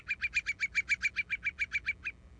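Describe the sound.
Whimbrel call: a rapid series of about fifteen even, piping notes repeated at a steady pace, ending abruptly after two seconds.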